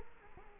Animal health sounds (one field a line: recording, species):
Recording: mosquito wingbeat signal from an infrared sensor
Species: Culex quinquefasciatus